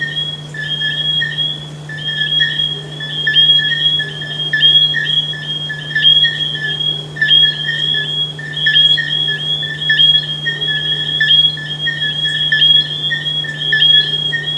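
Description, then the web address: Frog calling in high, tonal notes that run on almost continuously with short breaks, with a steady low hum beneath throughout. "humbot audio frogs"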